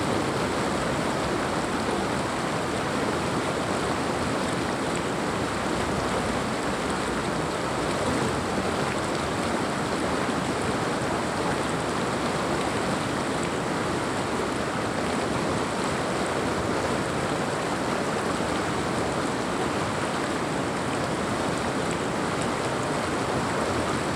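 A river rushes steadily through a gorge, a dense, unbroken wash of water noise that stays at the same level for the whole stretch. The sound is full, spread from a low rumble up to bright hiss, with no separate splashes or other sounds standing out.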